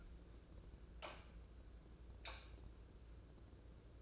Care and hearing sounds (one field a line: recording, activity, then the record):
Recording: daily activity, microphone in the room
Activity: light on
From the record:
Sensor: 2